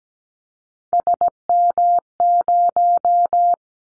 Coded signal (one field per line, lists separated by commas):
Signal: Morse code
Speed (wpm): 17 wpm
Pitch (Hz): 700 Hz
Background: none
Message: SM0